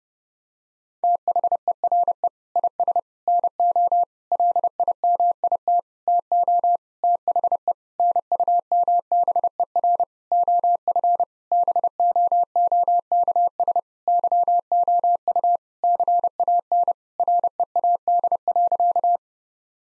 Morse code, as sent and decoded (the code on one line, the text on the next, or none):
- .... . .-. . / .. ... / -. --- / .-.. .. -- .. - / - --- / - .... . / -. ..- -- -... . .-. / --- ..-. / -... --- --- -.- ... / -.-- --- ..- / -.-. .- -. / .-. . .- -.. .-.-.-
THERE IS NO LIMIT TO THE NUMBER OF BOOKS YOU CAN READ.